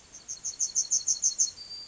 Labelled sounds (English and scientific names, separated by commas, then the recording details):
Yellowhammer (Emberiza citrinella) song
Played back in grassland
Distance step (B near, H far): C
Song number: 035